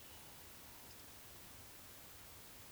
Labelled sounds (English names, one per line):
Eurasian Woodcock whistle
Eurasian Woodcock croak